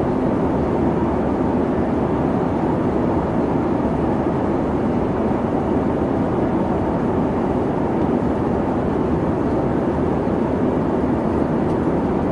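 Sound on board an airplane: a steady, dense roar heaviest in the low and middle range, unchanging throughout with no distinct events.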